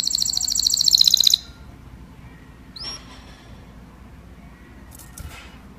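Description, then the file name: Canary song: a loud, rapid buzzy trill for just over a second, then a few faint scattered notes over quiet background hiss. "Tieng chim hoang yen hot"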